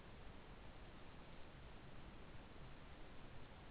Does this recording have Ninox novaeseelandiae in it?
no